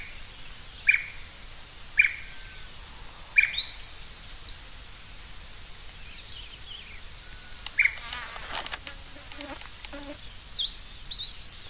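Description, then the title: Bird calls: short sharp chirps and quick rising whistled notes, scattered at irregular intervals, over a steady high shrill insect buzz. "LuckyPassaro Completos2Sama"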